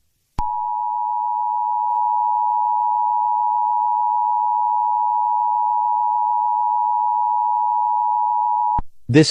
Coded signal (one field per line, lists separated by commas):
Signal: Emergency Alert System (SAME) tones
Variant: 853 and 960 Hz attention tone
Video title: EAS Scenario #3 Pumpkin Spice Rapid Uncontrol